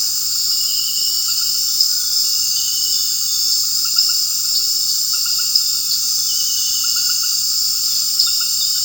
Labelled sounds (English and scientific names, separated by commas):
none